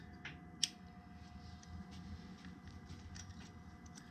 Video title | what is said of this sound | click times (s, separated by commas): JD Tuner Install on Suzuki 450RMX - SPARKS FLYING | you're just gonna listen for the click | 0.6 s